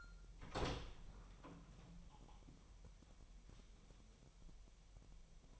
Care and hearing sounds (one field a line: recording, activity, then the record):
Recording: daily activity, microphone in the room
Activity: open door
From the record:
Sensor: 1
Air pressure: 1001.2 hPa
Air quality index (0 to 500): 249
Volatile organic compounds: 145 ppm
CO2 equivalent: 4000 ppm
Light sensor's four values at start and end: 12/29/12/13 and 11/27/11/11